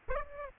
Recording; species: mosquito wingbeat signal from an infrared sensor; Aedes aegypti